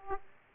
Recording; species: mosquito wingbeat signal from an infrared sensor; Aedes aegypti